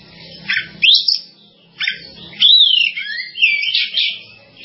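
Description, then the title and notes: Bird song of loud swooping whistles and buzzy chirps in a few separate bursts, with quiet moments between. "Bird Sound. Kicau Burung Lengkap"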